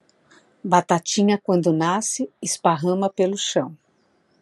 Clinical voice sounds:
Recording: short text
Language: Brazilian Portuguese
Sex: female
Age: 60 to 69 years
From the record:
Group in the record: control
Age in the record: 60 years

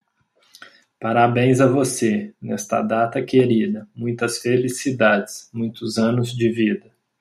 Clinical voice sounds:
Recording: short text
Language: Brazilian Portuguese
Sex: male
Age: 40 to 49 years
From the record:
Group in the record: control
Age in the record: 42 years

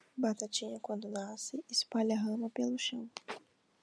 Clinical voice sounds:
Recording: short text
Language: Brazilian Portuguese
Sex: female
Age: 20 to 29 years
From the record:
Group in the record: control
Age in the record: 20 years

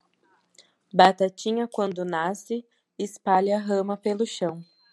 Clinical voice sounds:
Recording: short text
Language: Brazilian Portuguese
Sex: female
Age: 30 to 39 years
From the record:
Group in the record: control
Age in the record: 33 years

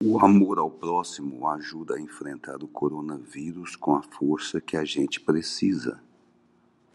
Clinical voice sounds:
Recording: spoken sentence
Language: Brazilian Portuguese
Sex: male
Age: 60 to 69 years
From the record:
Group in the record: control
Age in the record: 67 years

